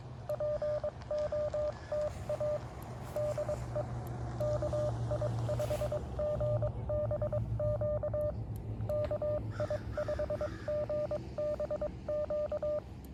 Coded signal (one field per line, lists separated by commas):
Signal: Morse code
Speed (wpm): 22 wpm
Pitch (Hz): 590 Hz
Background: none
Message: POTA DE KI5GBQ KI5GBQ